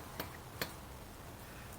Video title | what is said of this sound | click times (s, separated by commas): servicing the lawn mower | snapped twice it's locked in you can tug on it it won't come off now | 0.2 s, 0.6 s